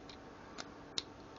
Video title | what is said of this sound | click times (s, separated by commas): Transformers x Back to the Future crossover figure Gigawatt review | You'll hear them hook in. | 0.6 s, 1.0 s